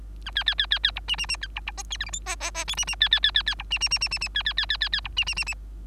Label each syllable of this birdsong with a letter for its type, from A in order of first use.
A B B B B B C D D D B C C E D F G H E E E I D D B B B B B C D D D D D D B B B B B B C D D D D